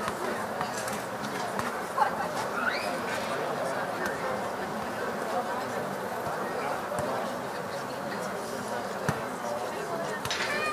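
Children play amid a steady, dense wash of overlapping voices and chatter that holds an even level throughout. A brief rising squeal stands out near the start, and sharp knocks or claps pop up at about 2, 7, 9 and 10 seconds.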